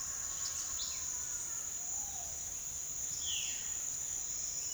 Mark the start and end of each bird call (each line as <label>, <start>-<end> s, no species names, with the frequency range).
bird call (1.5-4.6 kHz), 3.08-3.66 s